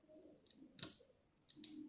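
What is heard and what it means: A roughly 1300 mAh removable rechargeable battery is pushed into the battery compartment of a DJI Osmo Action camera and locked. After softer ticks and rustling, two louder sharp clicks sound at 0.8 s and 1.6 s. The battery is seated and locked in place.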